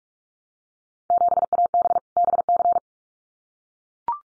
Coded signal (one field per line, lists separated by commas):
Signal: Morse code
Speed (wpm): 44 wpm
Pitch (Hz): 700 Hz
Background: none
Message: 7AB BC